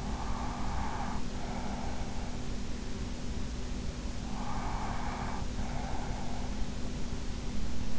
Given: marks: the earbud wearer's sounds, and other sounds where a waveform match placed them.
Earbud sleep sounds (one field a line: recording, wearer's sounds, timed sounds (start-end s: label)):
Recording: sounds in sleep by an in-ear microphone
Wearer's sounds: breath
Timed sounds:
0.00-2.17 s: breath
4.34-6.57 s: breath